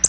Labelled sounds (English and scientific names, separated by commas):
Black-throated Blue Warbler (Setophaga caerulescens) flight call